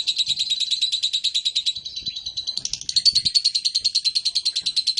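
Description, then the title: Lovebird chattering song of rapid, high, buzzy notes in a long, unbroken run. East Java, Indonesia. "Super Lovebird Jawa Timur"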